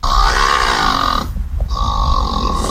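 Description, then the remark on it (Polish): A nutria in Rybnik, Poland, grunts loudly at the microphone in two long, raspy bursts separated by a brief pause, a harsh, throaty, fairly low-pitched sound with no talking. “Może uda się ponagrywać trochę te małe gryzonie.”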